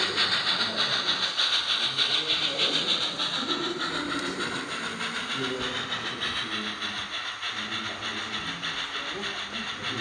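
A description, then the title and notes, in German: A Christmas special train rolls along with a steady rhythmic clatter and bright hiss, while voices murmur underneath throughout. Garstner Advent 2022: Weihnachtssonderzug mit 298.51.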